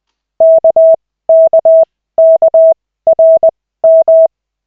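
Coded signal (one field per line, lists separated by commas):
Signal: Morse code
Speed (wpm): 20 wpm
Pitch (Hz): 650 Hz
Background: none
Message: KKKRM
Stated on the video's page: Morse practice in a Koch-method lesson with 3 characters at 40, generated by an online CW training site in a 5-minute session.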